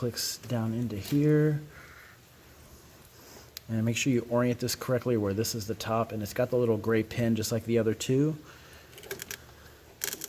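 A JB4 tuner harness connector, with its little gray lock pin on top, is oriented and lined up to push onto an engine sensor of a BMW M235i (F22, N55, RWD, automatic) while someone talks. A few brief handling taps are heard, mostly near the end. Nothing has seated or clicked yet.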